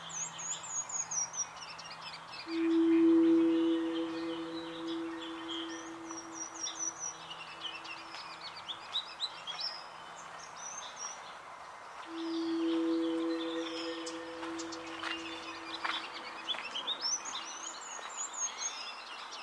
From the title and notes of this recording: Today’s soundwalk was taken on on March 16th, 2022 in SE Portland Oregon. Oaks Bottom along the Willamette River.